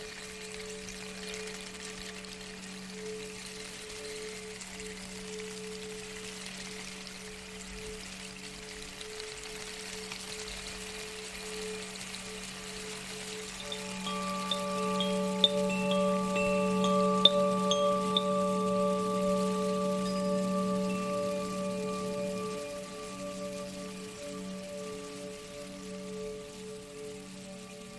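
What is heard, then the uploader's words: Wind chimes hold long, overlapping ringing tones over a soft hiss, swelling midway as a higher tone joins and a few light tinkles sound. Handmade in France, near the Pyrenean mountains, each Zaphir chime is the result of meticulous craftsmanship. The soothing sounds of wind chimes.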